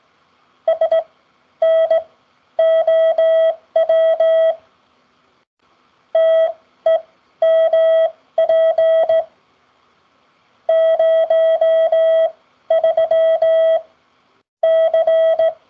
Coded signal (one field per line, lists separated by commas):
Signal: Morse code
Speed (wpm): 17 wpm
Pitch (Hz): 650 Hz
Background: none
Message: SNOW TEMP 03 C